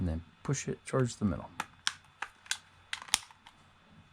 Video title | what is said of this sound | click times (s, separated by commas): Install eXtremeRate Glow in Dark - Green Replacement Thumbsticks for for Xbox Series X, S Controller | there we go snaps right in | 3.1 s